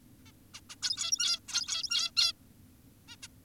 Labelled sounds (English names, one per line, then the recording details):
Zebra Finch
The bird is an adult
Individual g17y2U